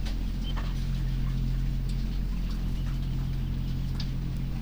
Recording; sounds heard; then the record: poultry house recording; sick chickens (respiratory disease)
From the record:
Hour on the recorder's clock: 23